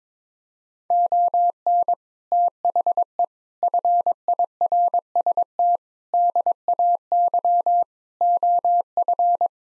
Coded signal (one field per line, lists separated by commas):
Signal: Morse code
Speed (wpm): 21 wpm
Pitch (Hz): 700 Hz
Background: none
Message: ON THE FIRST DAY OF